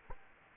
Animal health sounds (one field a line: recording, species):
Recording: mosquito wingbeat signal from an infrared sensor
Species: Culex quinquefasciatus